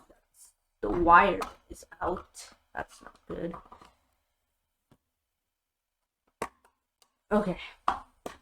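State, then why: Seated. A loose wire is tucked back in, then the 3D-printed plastic head of a DIY robot is lined up by its little clips with the holes and pressed onto the robot body. Someone talks throughout, and a sharp, satisfying snap is heard at 7.9 s as the head seats onto the body.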